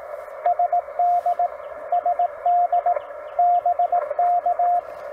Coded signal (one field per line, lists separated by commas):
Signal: Morse code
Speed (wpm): 17 wpm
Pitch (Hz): 700 Hz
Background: radio noise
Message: SD SD BK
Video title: Eclipse 2024 We do a CW POTA